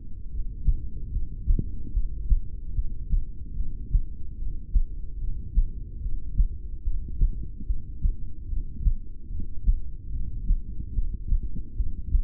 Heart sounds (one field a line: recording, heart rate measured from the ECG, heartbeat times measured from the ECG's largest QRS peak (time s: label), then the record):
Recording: heart sounds by stethoscope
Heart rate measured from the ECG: 73 bpm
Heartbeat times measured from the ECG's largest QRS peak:
0.25 s: heartbeat
1.07 s: heartbeat
1.89 s: heartbeat
2.70 s: heartbeat
3.52 s: heartbeat
4.33 s: heartbeat
5.15 s: heartbeat
5.97 s: heartbeat
6.80 s: heartbeat
7.62 s: heartbeat
8.44 s: heartbeat
9.25 s: heartbeat
10.08 s: heartbeat
10.90 s: heartbeat
11.72 s: heartbeat
From the record:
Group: heart failure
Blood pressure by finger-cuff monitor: 102/55 mmHg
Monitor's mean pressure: 73 mmHg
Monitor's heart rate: 73 bpm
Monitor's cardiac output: 7.4 L/min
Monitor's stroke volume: 101 mL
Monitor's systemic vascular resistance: 720 dyn s/cm5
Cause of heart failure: ischemic heart disease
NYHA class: 2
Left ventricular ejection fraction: 28%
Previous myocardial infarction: present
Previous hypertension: present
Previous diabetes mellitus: present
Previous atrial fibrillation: present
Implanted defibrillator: present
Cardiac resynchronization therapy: present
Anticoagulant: apixaban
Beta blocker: bisoprolol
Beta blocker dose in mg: 10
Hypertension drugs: sacubitril-valsartan, spironolactone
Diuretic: furosemide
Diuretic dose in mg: 20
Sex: male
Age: 62 years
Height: 178 cm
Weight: 88.3 kg